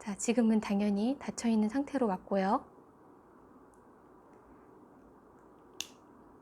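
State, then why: Released. Someone talks for the first 2.6 seconds, then the locking collar of a nail drill handpiece, a unit with built-in dust collection, is twisted toward the open marking in near silence. It gives a single sharp click at 5.8 s, releasing the collet so the bit can be pulled out.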